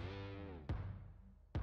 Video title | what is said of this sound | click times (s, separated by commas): How to Install Vickers Glock 43 9mm Wifes EDC Before and After | I'm going to show you right here and just click it right into place. It'll just snap right in there. Just like that right there. It just snaps right into place. | 0.7 s, 1.5 s